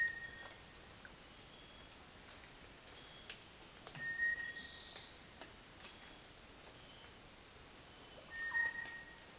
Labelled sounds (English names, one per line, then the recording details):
none
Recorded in dense forest near Puerto Asís, Putumayo, Colombia, on 25 June 2025 at 17:30
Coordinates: 0.484, -76.325
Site H65